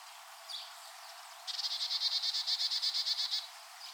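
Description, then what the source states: Carolina chickadee call: a single high chip, then a long, fast series of buzzy repeated notes lasting about two seconds. Recorded 15 July 2017.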